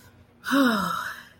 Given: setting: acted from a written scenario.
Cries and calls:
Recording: vocal sound without words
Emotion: relief

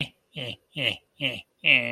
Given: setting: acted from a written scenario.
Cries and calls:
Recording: vocal sound without words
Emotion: amusement

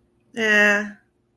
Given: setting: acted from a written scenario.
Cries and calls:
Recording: vocal sound without words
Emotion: neutral

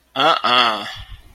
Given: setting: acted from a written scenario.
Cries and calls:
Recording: vocal sound without words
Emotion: confusion

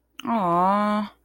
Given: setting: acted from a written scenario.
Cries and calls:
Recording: vocal sound without words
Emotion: sympathy

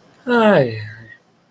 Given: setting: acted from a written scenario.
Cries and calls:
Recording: vocal sound without words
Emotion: serenity

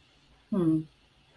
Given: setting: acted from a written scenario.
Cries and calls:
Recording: vocal sound without words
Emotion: neutral

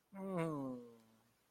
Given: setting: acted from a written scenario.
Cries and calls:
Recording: vocal sound without words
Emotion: adoration

